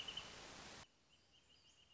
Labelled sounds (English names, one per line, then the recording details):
Wrentit
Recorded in Sonoma County, California